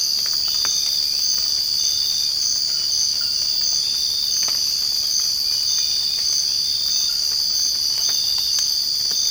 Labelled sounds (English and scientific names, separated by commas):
none